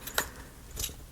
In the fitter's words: okay and that does this is one that's going to lock those feet into place you pushed all the way